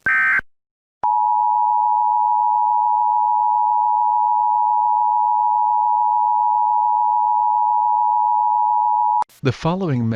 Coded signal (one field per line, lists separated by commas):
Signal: Emergency Alert System (SAME) tones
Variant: 853 and 960 Hz attention tone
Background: speech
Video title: EAS Scenarios Midwestern Chaos ENHANCED (Part 2)